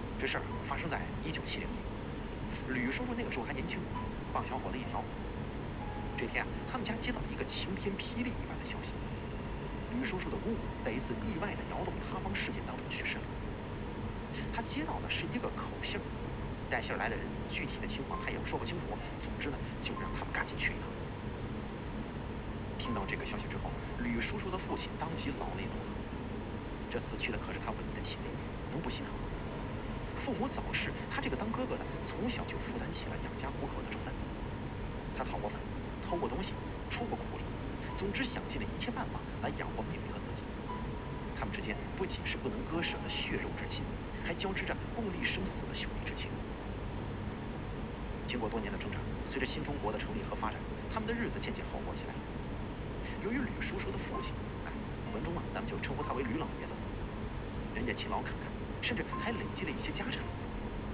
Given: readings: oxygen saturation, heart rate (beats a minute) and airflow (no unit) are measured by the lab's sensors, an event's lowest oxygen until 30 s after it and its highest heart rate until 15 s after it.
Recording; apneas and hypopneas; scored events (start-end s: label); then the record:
a person awake in a sleep study, by a voice recorder at the bedside; none
0.00-60.94 s: awake
From the record:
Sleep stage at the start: awake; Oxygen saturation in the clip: 94 to 95%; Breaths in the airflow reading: 13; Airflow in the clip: -1.7 to 3.2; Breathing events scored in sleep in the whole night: 335 in 6.7 hours asleep